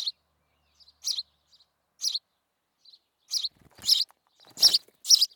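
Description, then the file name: House sparrow chirping, short bright chirps at irregular intervals, growing louder and denser toward the end. "Passer domesticus"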